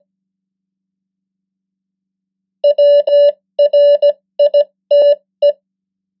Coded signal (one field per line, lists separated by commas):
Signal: Morse code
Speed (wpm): 17 wpm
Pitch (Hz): 580 Hz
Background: none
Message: WRITE